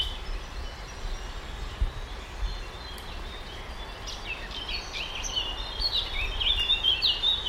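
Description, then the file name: Eurasian blackcap song, quiet at first, then a hurried warble building into clear fluting whistled notes toward the end, over low steady noise. "Sylvia atricapilla"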